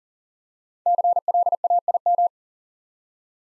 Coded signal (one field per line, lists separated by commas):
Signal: Morse code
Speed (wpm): 41 wpm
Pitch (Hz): 700 Hz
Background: none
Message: CLAIM